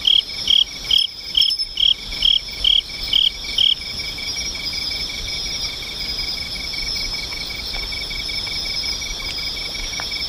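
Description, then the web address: Insect chirps, several clear pulses roughly every half second for about four seconds, then stopping, while a continuous shrill insect chorus hums on underneath. "nishikawa 201110 mushinokoi"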